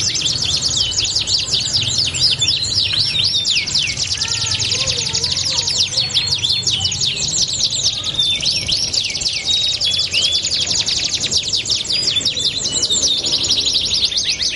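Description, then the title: Belgian canary song, long unbroken run of rapid high trilled notes with occasional short whistles, faint lower chirps beneath. Belgian canary song used to warm up canaries and prompt them to sing along within seconds. "Canto Para Esquentar Canário Belga. LANGSUNG NYAUT. Pancingan suara kenari hitungan detik langsung ikut bunyi"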